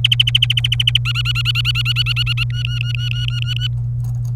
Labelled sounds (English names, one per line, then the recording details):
Domestic Canary song
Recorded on 27 April 2018 at 15:42
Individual llb3